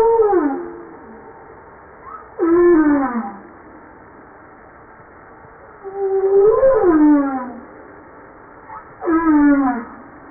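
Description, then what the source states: Humpback whale calls: several descending harmonic cries, some arched, some steep, with short faint tones between. From a 2013 JASA publication.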